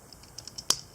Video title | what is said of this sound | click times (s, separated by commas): deluxe bonecrusher - #8 | and then flip them all the way down you'll hear them click twice so you got one click | 0.7 s